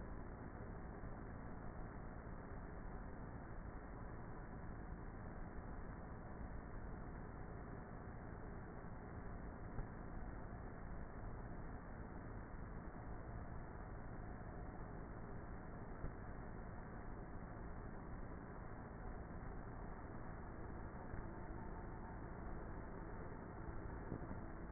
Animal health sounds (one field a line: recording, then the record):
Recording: honeybee colony, microphone inside the hive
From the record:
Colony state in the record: queenless with a low population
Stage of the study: before two queens were removed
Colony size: about 30,000 bees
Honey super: no